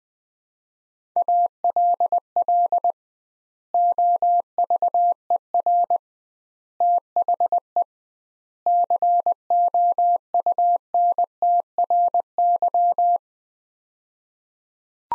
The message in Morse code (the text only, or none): ALL OVER THE COUNTRY